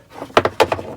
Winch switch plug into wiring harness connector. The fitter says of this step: plug snaps right into it and now